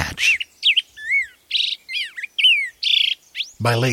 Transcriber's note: Black-headed Grosbeak song